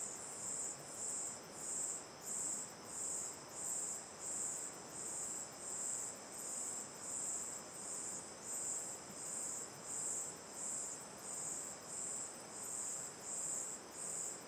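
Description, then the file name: Cricket chorus: shrill, high buzzing beats, roughly three pulses every two seconds, evenly spaced, above a steady wash of flowing water. Night ambience facing the mouth of Terra Ronca 1 cave; crickets in chorus, river on the left; recorded with an A-B stereo microphone pair. "Ambiencia olhando para boca da caverna terra ronca 1 a noite, coro de cigarras e grilos, rio a esquerda, gravacao em ab"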